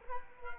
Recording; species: mosquito wingbeat signal from an infrared sensor; Culex quinquefasciatus